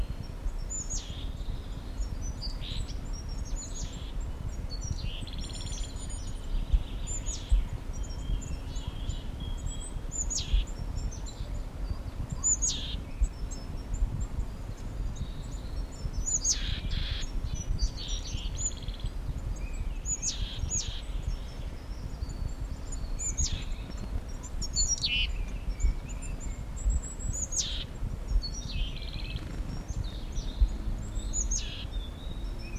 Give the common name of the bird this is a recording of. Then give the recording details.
Willow Tit. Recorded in the wild. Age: adult. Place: Mirnock, Kärnten, AT. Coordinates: 46.758, 13.714. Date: 1968-04-15. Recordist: Brunner, Thomas